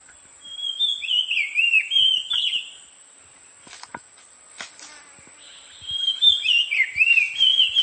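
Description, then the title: Elegant sunbird singing two fast, high-pitched twittering phrases of tumbling chirps and slurred notes, with a quiet pause and a few faint clicks between them. "Kolibri Sangihe"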